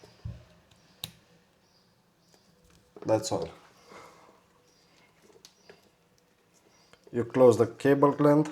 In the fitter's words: You push inside and you must to hear a click noise. That's